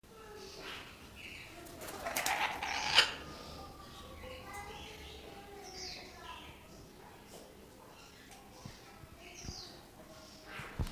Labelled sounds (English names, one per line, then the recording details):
Laughing Kookaburra call
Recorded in captivity
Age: adult
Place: Zoo Berlin, Berlin, DE
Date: 1997-10-18 11:18
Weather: sonnig, 12-15°C
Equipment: Nagra SN, Kopie Uher 4000 Report Monitor
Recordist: Tembrock, Günter
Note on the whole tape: Lautfolge, in den Innenkäfig kommend (zum Partner)